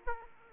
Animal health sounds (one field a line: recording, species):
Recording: mosquito wingbeat signal from an infrared sensor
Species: Aedes aegypti